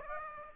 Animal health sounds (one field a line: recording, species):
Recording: mosquito wingbeat signal from an infrared sensor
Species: Aedes aegypti